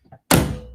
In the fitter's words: push it forward and it just snaps right into place that's it